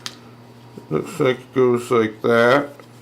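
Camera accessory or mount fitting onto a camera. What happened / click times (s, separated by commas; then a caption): Handled, not yet home: accessory lined up, no seating snap yet / none. A camera accessory or mount is lined up against a camera while someone talks, with a brief sharp tap near the start. Nothing has seated or clicked into place yet.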